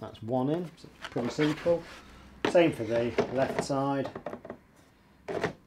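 Someone talks while handling the left stand foot of a 2021 Samsung QLED Q60A TV, about to slide it up into the channels on the bottom of the TV, with faint handling noises between the words. The foot has not seated or clicked into the slot yet.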